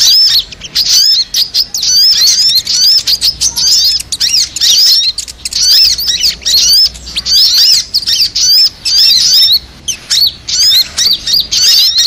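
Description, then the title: Crimson Sunbird song: dense, high, thin twittering chirps and squeaky trills, rapidly repeated in bursts with short pauses, nearly continuous throughout. Masteran, a training recording for songbirds; labaik style. "Masteran Burung Sogok Ontong Labaik"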